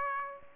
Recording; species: mosquito wingbeat signal from an infrared sensor; Aedes aegypti